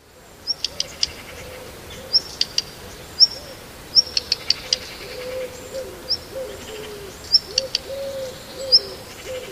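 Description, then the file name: Black redstart repeating brief high-pitched chirps at irregular intervals, with scratchy clicks and a faint low hum beneath. "kopciuszek"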